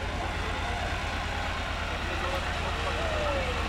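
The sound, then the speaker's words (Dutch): The diesel engine of an old car runs steadily with a low, rumbling throb and a rough, rattling texture, holding constant loudness throughout, with faint higher whines drifting above. “We gaan even de intocht van de boot meemaken hier. Met een lekkere oude stinkdieselauto.”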